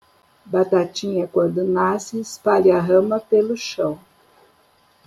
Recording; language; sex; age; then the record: short text; Brazilian Portuguese; female; 60 to 69 years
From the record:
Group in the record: control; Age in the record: 60 years